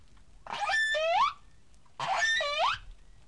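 Whale calls: two harmonic, tonal calls about one and a half seconds apart, each a wavering note that dips and then sweeps upward at the end.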